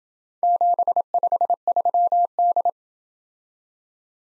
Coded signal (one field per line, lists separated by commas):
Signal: Morse code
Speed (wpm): 27 wpm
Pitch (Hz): 700 Hz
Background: none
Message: 753D